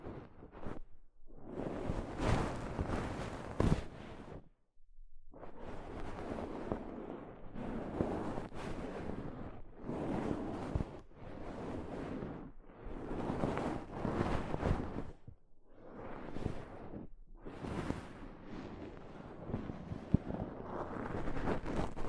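Soft fabric brushes repeatedly against a microphone in rough, rustling sweeps of a second or two, separated by brief silences and occasional sharp scrapes.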